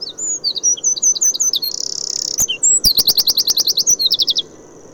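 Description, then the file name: Eurasian wren song, a loud, very high, rapid outpouring of sharp notes, a dense buzzing trill and a fast rattling trill. "Troglodytes troglodytes"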